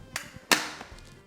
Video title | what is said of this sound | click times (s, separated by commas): FORJARS Vacuum Sealing Step by Step Guide | and make sure that you hear two clicks | 0.2 s, 0.5 s